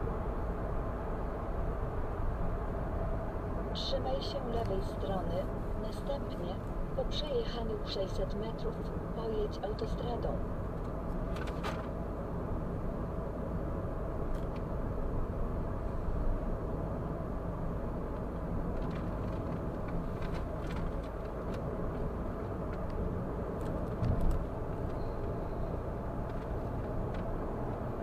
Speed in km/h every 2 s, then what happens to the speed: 74, 73, 72, 60, 59, 59, 59, 59, 59, 59, 59, 61, 63, 66.
4-7 brakes to 59. 7-21 steady at about 59. 21-28 speeds up to 66.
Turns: none.